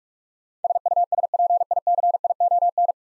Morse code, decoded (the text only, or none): SUSPICION